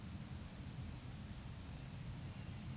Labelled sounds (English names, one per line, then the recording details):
Eurasian Woodcock whistle
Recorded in Baden-Württemberg, Germany, on 27 June 2020 at 19:55 UTC
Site 43737, 512 m above sea level